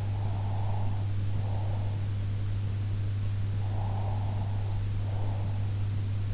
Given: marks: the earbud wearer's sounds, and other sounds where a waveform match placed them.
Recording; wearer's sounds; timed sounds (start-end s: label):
sounds in sleep by an in-ear microphone; breath
0.00-1.99 s: breath
3.57-5.60 s: breath